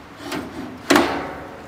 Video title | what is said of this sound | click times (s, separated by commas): เครื่องรีดเส้นทำเส้นก๊วยเตี๋ยว | วิธีใส่ก็ใส่เข้าล็อคนะครับแล้ว | 0.9 s